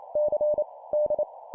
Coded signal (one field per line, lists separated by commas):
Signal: Morse code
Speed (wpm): 28 wpm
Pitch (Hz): 600 Hz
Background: none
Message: C D